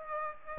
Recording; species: mosquito wingbeat signal from an infrared sensor; Aedes aegypti